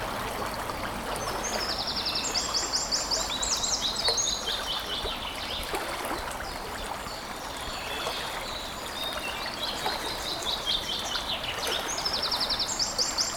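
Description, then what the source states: Eurasian wren song: bursts of very high, rapid, rattling trills and twitters, at the start and again near the end, over a steady rushing of flowing water. Singing beside a brook.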